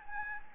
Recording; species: mosquito wingbeat signal from an infrared sensor; Anopheles gambiae